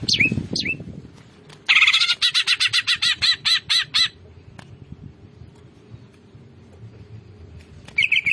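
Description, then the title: Greater green leafbird song: two short whistled notes, a loud rapid run of buzzy pulsed chatter, a quiet hum-filled pause, then another buzzy burst. Greater green leafbird singing vigorously (gacor). "Cucak Ijo Gacor"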